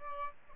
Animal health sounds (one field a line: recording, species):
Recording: mosquito wingbeat signal from an infrared sensor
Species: Aedes albopictus